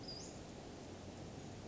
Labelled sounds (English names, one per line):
Western Flycatcher